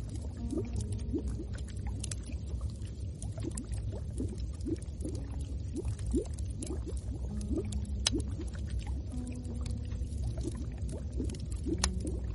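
A steady low rumble of firewood carries frequent little bubbling pops and gurgles, with sharp crackles snapping now and then throughout.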